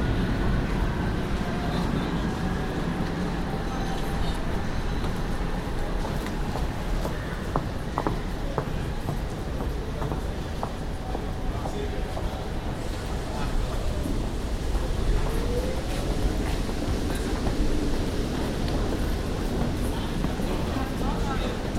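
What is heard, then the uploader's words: Inside a tram tunnel, a steady low rumble fills the space, with faint voices mixed in. Around the middle, a run of sharp clicks and knocks passes over the rails, and near fifteen seconds a brief squealing sweep rises as a tramcar moves through. Tramtunnel Den Haag. Arrivals and departures of tramcars in the Tramtunnel. Recorded as part of "The Hague Sound City" for State-X/Newforms 2010.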